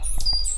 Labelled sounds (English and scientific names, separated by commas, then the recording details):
Stitchbird (Notiomystis cincta) song
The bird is a male
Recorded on Tiritiri Matangi Island, New Zealand, in 2005
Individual 8, of nest box 10